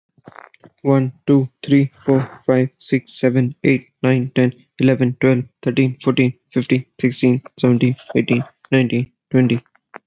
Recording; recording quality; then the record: counting at a fast pace; excellent, no background noise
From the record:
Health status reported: exposed to COVID-19, no respiratory illness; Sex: male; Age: 30 years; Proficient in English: yes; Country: United States